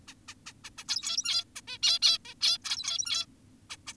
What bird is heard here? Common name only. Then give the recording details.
Zebra Finch. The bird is an adult. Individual g17y2U